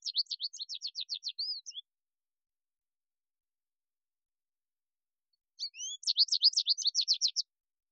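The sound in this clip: American goldfinch giving two bursts of fast, high twittering notes, separated by a long quiet gap.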